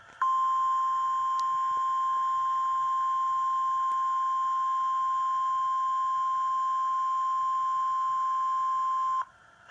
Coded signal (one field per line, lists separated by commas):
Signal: Emergency Alert System (SAME) tones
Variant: 1050 Hz attention tone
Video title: Midnight Oklahoma Storms EAS #103